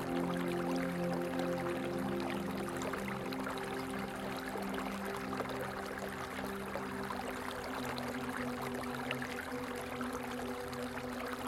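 Running water streams steadily throughout, a dense, even rush with many small splashes and trickles. Beneath it, low sustained tones hold long notes that shift slowly, a droning musical bed under the water. The level stays constant for the whole stretch.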